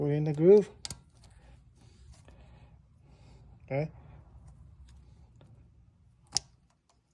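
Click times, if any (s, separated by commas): 6.4 s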